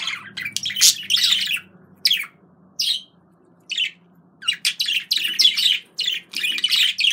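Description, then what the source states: Budgerigar calling: a few scratchy chirps and short squeaks with quiet spells, then a denser burst of buzzy chatter toward the end. Described as a budgerigar love sound.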